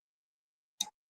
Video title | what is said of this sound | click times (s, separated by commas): Loot-10-Tex The Lab After Dark # 17 | Lago, just hear that click. | 0.8 s